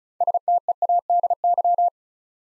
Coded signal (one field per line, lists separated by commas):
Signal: Morse code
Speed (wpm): 36 wpm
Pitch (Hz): 700 Hz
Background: none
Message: STEADY